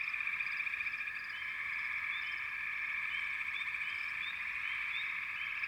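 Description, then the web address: Frogs sustain a high, even trilling chorus, punctuated by sparse short upward chirps. Wild frog chorus from American wilderness. "The Natural Sounds of the Wilderness 10 CDs collection Echoes of Nature - American Wilds 04 Frog Chourus"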